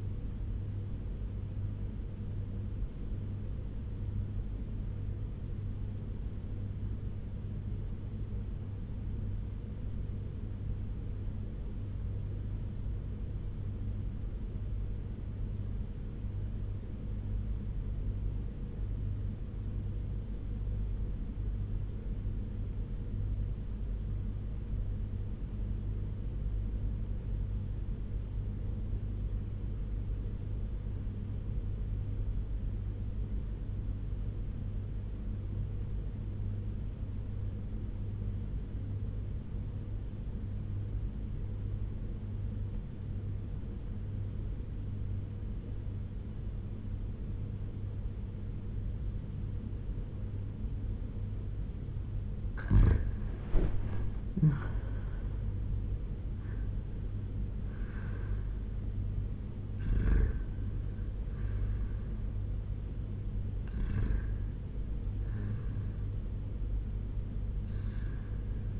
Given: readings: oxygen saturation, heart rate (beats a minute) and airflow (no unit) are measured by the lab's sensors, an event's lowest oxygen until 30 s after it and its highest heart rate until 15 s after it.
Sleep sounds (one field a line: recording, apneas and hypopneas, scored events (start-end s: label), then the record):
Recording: breathing in sleep by a smartphone at the bedside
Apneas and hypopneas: 1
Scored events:
3.00-53.00 s: obstructive apnea (REM, oxygen 97% highest, then 82% lowest, heart rate 86 at the start, 93 highest)
43.00-68.80 s: new sleep stage, N1 (lightest sleep)
From the record:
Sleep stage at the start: REM sleep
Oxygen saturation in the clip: 84 to 97%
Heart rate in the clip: 83 to 93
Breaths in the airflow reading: 5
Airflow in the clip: -9.1 to 7.0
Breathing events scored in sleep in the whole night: 201 in 6.5 hours asleep